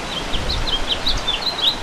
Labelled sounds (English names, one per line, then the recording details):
House Finch song
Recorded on Long Island, New York, on 3 June 2012
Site FB
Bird A